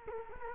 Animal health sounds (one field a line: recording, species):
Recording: mosquito wingbeat signal from an infrared sensor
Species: Culex quinquefasciatus